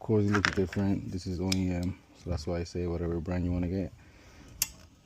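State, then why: Seated. A new wiper blade's plastic adapter clip is pushed onto the metal wiper arm hook on the passenger side of a Toyota Corolla while someone talks. A single short, sharp snap is heard at 4.6 seconds as the blade seats into place on the arm.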